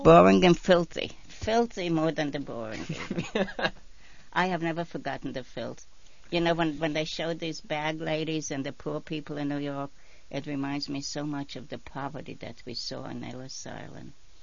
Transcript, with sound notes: Boring and filthy. Filthy more than the boring. ( they laugh ) I have never forgotten the filth. You know, when they showed these bad ladies and the poor people in New York, it reminds me so much of the poverty that we saw in Ellis Island.